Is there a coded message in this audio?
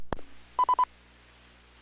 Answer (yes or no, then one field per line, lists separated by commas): no